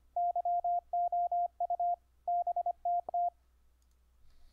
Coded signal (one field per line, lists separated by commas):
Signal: Morse code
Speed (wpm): 24 wpm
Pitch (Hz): 700 Hz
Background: radio noise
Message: YOU BTT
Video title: Setup Dahdidah keyer on UBUNTU 12.04 using WINE